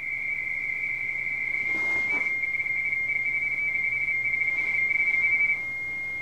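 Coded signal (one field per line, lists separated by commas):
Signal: RTTY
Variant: 170 Hz shift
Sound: continuous warbling two-tone teletype chatter, rapidly switching between two close high pitches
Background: radio static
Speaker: K8GI can't get his cue because somebody's probably trying to stomp him. Look at all these guys who are K8GI.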